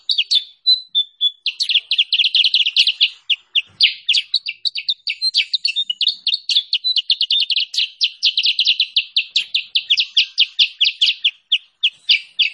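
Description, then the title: Sooty-headed bulbul singing a long, dense stream of bright chirps and rapid twittering notes, almost unbroken, with a quiet background. Lure and training recording of sooty-headed bulbul song, used to attract birds for trapping and to tutor caged songbirds. "Masteran Kutilang Sutra. suara pikat burung kutilang sutra"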